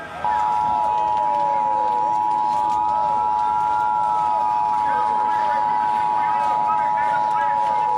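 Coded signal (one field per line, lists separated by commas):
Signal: Emergency Alert System (SAME) tones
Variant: 853 and 960 Hz attention tone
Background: speech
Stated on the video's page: Simulated, not a real EAS broadcast; fictional scenario that may contain valid EAS tones.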